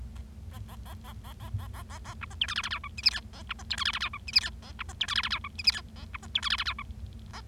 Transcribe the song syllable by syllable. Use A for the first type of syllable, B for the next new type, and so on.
A A A A A A A A A A B C D E F F G H I J K A B C D E F F G H I J K A B C D E F F G H I J K A B C D E F F G H A